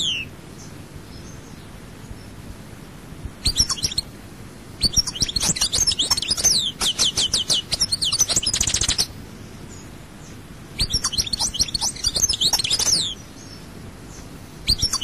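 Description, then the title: European goldfinch gives scattered bursts of high, jingling twitter notes in several short phrases separated by pauses. "Chant Chardonneret"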